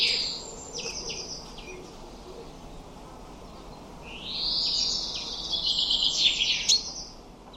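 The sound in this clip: Common chaffinch song: a quieter trilled phrase, then a rising sweep leading into a high buzzy trill with a terminal flourish, over steady background noise.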